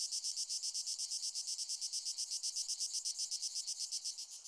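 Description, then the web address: Cicada song, a loud high-pitched rasping buzz pulsing steadily and rapidly without pause. "cicadidae plebejus"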